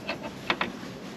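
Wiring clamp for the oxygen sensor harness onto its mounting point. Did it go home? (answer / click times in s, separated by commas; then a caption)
no / none. A wiring clamp on the oxygen sensor harness of a second-generation Scion xB is pushed up from below toward its mounting point. Brief handling taps and knocks come at about 0.1, 0.5 and 0.6 seconds. Nothing has seated or clicked yet.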